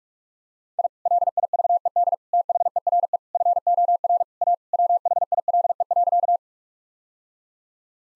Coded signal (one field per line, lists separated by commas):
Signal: Morse code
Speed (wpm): 46 wpm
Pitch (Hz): 700 Hz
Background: none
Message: I LIVED THERE FOR A WHILE.